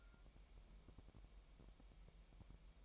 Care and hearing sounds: daily activity, microphone in the room; take from stove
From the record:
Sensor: 1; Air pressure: 1002.0 hPa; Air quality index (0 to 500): 245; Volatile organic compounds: 49 ppm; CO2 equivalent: 3282 ppm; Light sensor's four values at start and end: 5/12/5/5 and 5/12/5/5

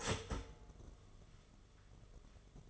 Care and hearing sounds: daily activity, microphone in the room; start toaster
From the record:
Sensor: 4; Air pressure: 1015.5 hPa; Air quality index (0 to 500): 205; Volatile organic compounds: 11 ppm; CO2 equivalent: 2289 ppm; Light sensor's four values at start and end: 4/8/3/2 and 4/9/3/3

